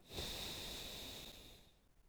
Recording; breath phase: one breath near a microphone; exhalation